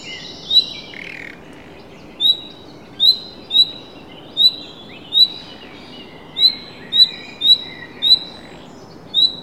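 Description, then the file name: Common nightingale calling with short, high whistled notes, repeated roughly once a second, over a soft background hiss. "Luscinia megarhynchos"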